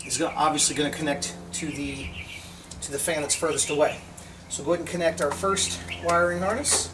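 Someone talks while handling the first wiring harness plug, the longer wire meant for the farther fan, bringing it to the cooling fan motor connector during a cooling fan (NI3115104) replacement on a 1993-1997 Nissan Altima. A steady low hum runs underneath the speech. Nothing has seated or clicked yet.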